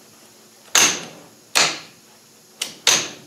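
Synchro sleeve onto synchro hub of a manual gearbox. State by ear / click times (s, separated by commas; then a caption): seated / 0.8 s, 2.9 s. A steel synchro sleeve is pushed onto its synchro hub on a rebuilt Land Rover Defender LT85 manual gearbox shaft after a burr was removed. Sharp metallic clicks ring out at 0.8 s, 1.6 s, 2.6 s and 2.9 s, and the ones at 0.8 s and 2.9 s are the sleeve clicking into its detent. It seats with a nice positive click.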